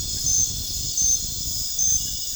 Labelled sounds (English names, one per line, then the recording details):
none
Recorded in pastures near Puerto Asís, Putumayo, Colombia, on 29 June 2025 at 00:00
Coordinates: 0.466, -76.322
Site GP07